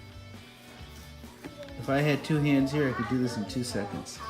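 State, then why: Not seated. A plastic Hot Wheels Super Ultimate Garage piece is slid one-handed toward the grooves of the grooved base piece below it, with faint plastic handling and a brief tap at about 1.5 s before someone talks over the rest of the clip. The bottom piece fails to catch, and nothing has seated or clicked yet.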